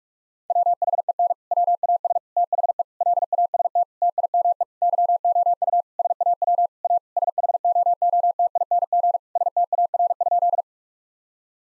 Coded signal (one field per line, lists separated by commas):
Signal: Morse code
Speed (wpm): 41 wpm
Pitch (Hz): 700 Hz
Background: none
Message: WHEN WAS THE LAST TIME YOU SAW A SHOOTING STAR?